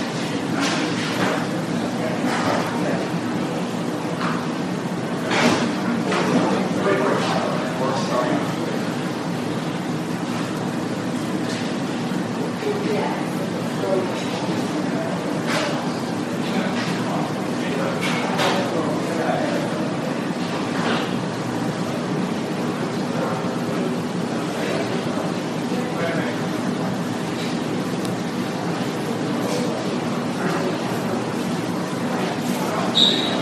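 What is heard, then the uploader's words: A hospital emergency room fills with steady, overlapping voices, a dense murmur of talk with no single speaker standing out. Brief clicks and knocks break through every few seconds, and a low continuous hum sits underneath throughout. Hospital Emergency Room.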